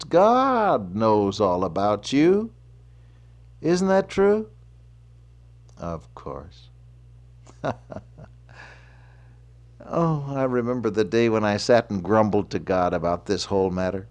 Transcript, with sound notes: God knows all about you. Isn’t that true? Of course. [chuckle] Oh, I remember the day when I sat and grumbled to God about this whole matter.